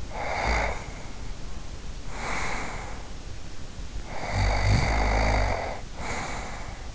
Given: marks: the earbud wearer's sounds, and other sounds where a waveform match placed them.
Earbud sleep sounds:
sounds in sleep by an in-ear microphone; snoring breath
0.10-3.25 s: snoring breath
4.00-6.95 s: snoring breath

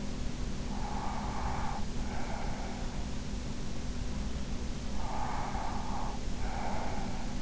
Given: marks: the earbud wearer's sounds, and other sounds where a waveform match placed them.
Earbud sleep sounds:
sounds in sleep by an in-ear microphone; breath
0.63-2.97 s: breath
4.91-7.42 s: breath

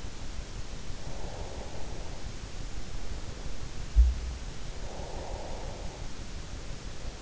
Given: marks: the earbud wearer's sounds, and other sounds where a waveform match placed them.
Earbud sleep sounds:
sounds in sleep by an in-ear microphone; breath
0.87-2.68 s: breath
4.68-6.20 s: breath

